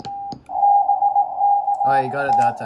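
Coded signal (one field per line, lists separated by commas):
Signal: Morse code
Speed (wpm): 18 wpm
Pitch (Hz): 810 Hz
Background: speech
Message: BKT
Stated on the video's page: Contact with a POTA station in Ontario on 20 meters using a Xiegu X6200 after a firmware upgrade.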